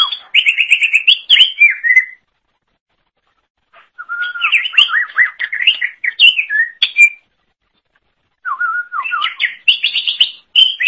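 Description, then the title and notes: Leafbird singing fluid, varied whistled phrases in three bursts, with rising and falling notes and pauses between them. Cucak ijo song. "Suara Kicauan Burung Cucak Ijo"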